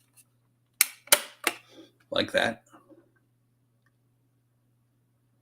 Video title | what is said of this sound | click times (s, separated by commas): DeAgostini T1 Samba Bus | that is going to pop into place there | 0.8 s